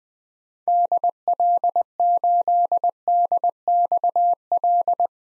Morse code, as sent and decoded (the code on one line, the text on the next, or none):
-.. .-.. ---.. -.. -..- .-..
DL8DXL